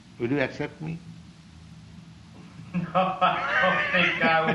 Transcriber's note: laughing